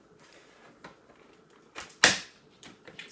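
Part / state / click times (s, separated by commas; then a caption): handle into vacuum body / seated / 2.0 s. The plastic handle of a Hoover Air cordless Lift upright vacuum, after 1.5 years of use, is fitted into its socket on the vacuum body, with soft plastic clacks around 1.8 and 1.9 seconds. It locks with a loud, sharp, positive click at 2.0 seconds, showing the handle is not loose or wonky, followed by a few light ticks.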